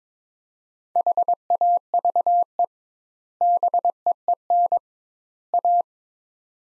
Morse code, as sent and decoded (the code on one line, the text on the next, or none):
.... .- ...- . / -... . . -. / .-
HAVE BEEN A